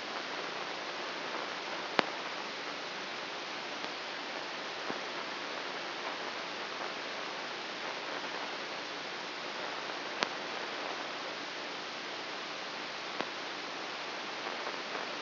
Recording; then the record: brain microelectrode recording played as sound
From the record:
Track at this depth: inside the subthalamic nucleus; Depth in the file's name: 0.806 mm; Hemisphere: right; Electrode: 3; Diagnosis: Parkinson's disease